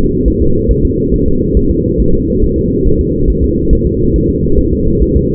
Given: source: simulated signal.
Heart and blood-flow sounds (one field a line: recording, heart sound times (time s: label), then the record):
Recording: fetal heart sounds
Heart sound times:
0.28 s: S1
0.42 s: S2
0.71 s: S1
0.85 s: S2
1.14 s: S1
1.28 s: S2
1.57 s: S1
1.71 s: S2
2.00 s: S1
2.14 s: S2
2.44 s: S1
2.58 s: S2
2.87 s: S1
3.01 s: S2
3.30 s: S1
3.44 s: S2
3.73 s: S1
3.87 s: S2
4.16 s: S1
4.30 s: S2
4.59 s: S1
4.73 s: S2
5.02 s: S1
5.17 s: S2
From the record:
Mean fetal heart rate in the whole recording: 140 bpm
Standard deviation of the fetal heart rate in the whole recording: 2 bpm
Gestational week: 34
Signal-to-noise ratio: -16.4 dB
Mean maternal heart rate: 72 bpm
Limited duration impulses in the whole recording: present